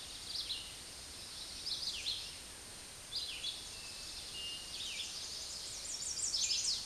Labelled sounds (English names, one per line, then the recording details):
Red-eyed Vireo song
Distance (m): 30 m
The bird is about 20 m above the microphone
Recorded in a Pennsylvania forest on 16 May 2024 at 06:39
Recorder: AudioMoth, point MSD-0398
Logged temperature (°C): 16.4 °C
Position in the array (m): 166 m, 72 m